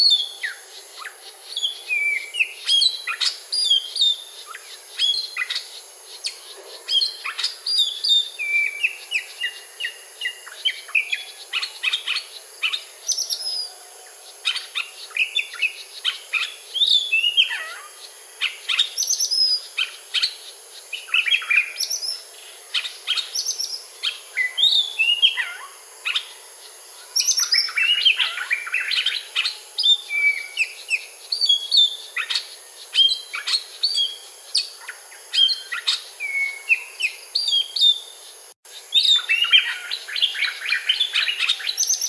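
A forest soundscape thick with birdsong, many overlapping chirps and tweets continuing densely throughout, bright and busy, over a faint steady high hiss.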